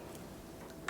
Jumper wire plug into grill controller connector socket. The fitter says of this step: And you're going to insert this jumper wire until it clicks into place.